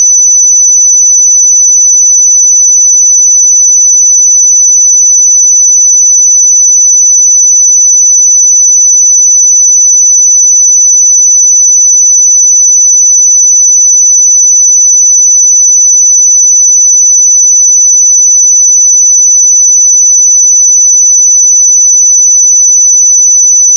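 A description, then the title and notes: A pure sine tone at 5996 Hz holds perfectly steady for the whole clip, a single thin, high whistle with no wavering in pitch or loudness. Nothing else is present; there is only a brief click at the very end. 5996 Hz 1 Hz Interval Sine Pure Tone Frequency 441000 Sample Mono.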